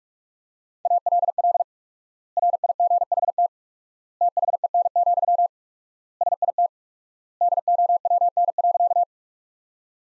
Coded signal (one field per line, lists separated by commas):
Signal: Morse code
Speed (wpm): 43 wpm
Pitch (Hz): 700 Hz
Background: none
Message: ALL RIGHT THEN, SIT DOWN.